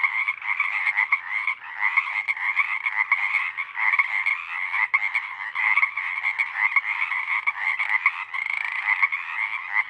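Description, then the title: Pacific chorus frogs calling in a dense, continuous chorus, many overlapping raspy creaking notes merging into a steady roaring wall of sound. Full chorus of a single pod, roaring for hours until the night air cools; Sinlahekin Valley, night of April 21–22, 2019. "Chorus Frogs, Awaken"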